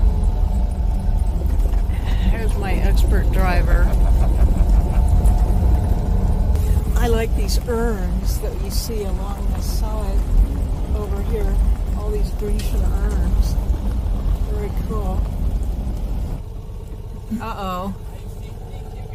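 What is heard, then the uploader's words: Inside a car driving through the Tuscan countryside near Florence, a steady low engine and road rumble runs throughout. People talk over it, with bursts of animated, rising and falling voices from about 2 to 16 seconds and again near 17 seconds. Fiat 500 Club Tour in Tuscany. Driving through the Tuscan countryside near Florence with the Fiat 500 Touring Club.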